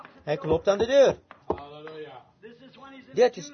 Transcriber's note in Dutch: Broeder Branham klopt – Vert